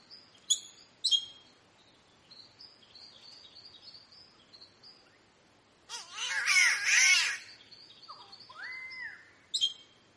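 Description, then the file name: Green catbird utters one loud, raspy, mewing wail, framed by high chips, soft whistles and a clear rising-then-flat whistle. "canto do passaro gato verde"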